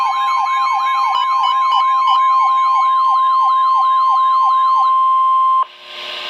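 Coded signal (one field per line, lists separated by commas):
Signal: Emergency Alert System (SAME) tones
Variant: 1050 Hz attention tone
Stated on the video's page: Severe thunderstorm warning from a NOAA Weather Radio station in Milwaukee, Wisconsin.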